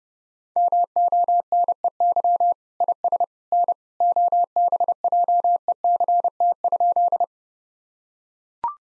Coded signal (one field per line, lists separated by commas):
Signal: Morse code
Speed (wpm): 32 wpm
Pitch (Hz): 700 Hz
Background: none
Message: MONEY IS N OBJECT?